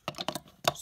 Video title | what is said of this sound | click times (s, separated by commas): Disney Cars Sergeant Highgear (Super Chase) Review | plug it in like that. Hear a click, it's good. | 0.7 s